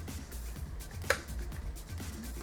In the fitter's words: Pops right in there.